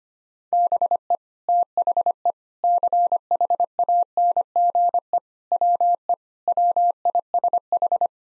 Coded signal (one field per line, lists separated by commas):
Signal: Morse code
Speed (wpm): 25 wpm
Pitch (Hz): 700 Hz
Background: none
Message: BE THE CHANGE WE WISH